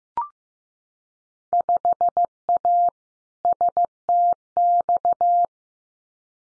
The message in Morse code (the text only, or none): 5A STX